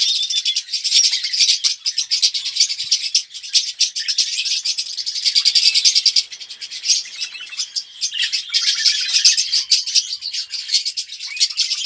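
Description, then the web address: Red-rumped parrot song, an unbroken stream of high scratchy twittering and rattling notes, with faint thin whistles woven through. "pevcii popugai. parrots psephotus-haematonotus"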